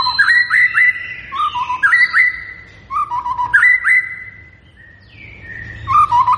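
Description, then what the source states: White-rumped shama song, fluty whistled notes in quick clusters with short gaps, some higher notes overlaid, a quieter pause before a final burst. Lure recording of a lively singing white-rumped shama, meant to make birds respond.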